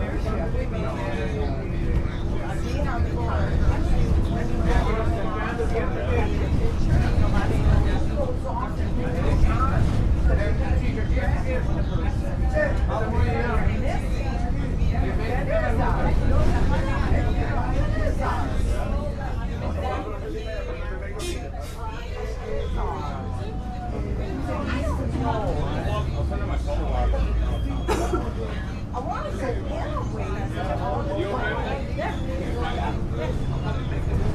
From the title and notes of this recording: Riding The Local Bus In Aruba (Ambient Sounds,Bus Sounds, Road Sounds, People Talking). In this episode we are riding the local bus from Palm Beach in Aruba back to the cruise port.